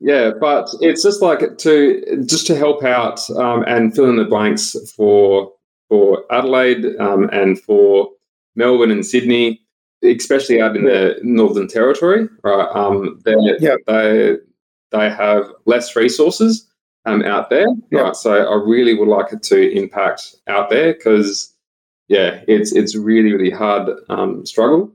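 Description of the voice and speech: Slow, hesitant adult male speech with repeated words, drawn-out sounds, fillers and long pauses, fitting mild residual aphasia in a man who once had severe aphasia and could not talk well, and who taught himself to speak again over about twenty years.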